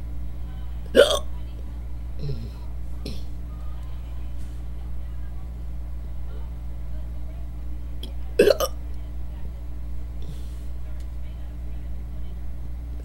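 Two sharp, abrupt hiccup bursts stand out about seven seconds apart, each a brief glottal snap. Fainter catches fall between them. These are deliberately induced hiccups, heard over a steady low background hum.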